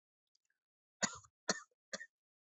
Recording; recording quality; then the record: shallow voluntary cough; excellent, no background noise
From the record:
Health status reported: healthy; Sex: male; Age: 28 years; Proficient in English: yes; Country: India